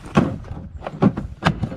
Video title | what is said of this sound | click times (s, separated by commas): Kingquad 400 vs Sportsman 450 | look at that locks in place that's not going anywhere we rode the trails with that | 0.2 s, 0.9 s